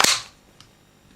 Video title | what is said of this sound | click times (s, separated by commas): (Airsoft) Unboxing the Walther PPQ VFC/Umarex | D'ailleurs on peut voir que le chargeur est bien enclenché au point que quand j'appuie sur le bouton il ne se passe rien, il faut que je vienne chercher | 0.0 s